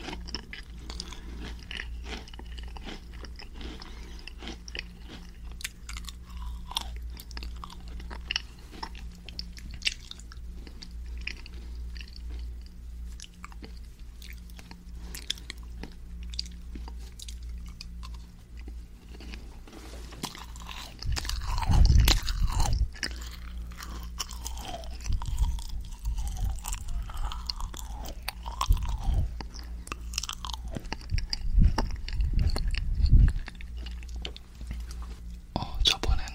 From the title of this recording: Macaron , jelly , rice cake eating sound